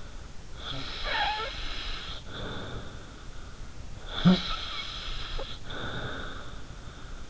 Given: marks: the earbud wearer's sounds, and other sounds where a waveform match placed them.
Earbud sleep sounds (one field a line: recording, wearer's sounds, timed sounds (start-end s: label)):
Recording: sounds in sleep by an in-ear microphone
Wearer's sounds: snoring breath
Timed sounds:
0.56-3.18 s: snoring breath
4.02-7.22 s: snoring breath